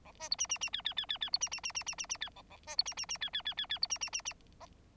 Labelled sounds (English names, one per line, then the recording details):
Bengalese Finch song
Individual Bird9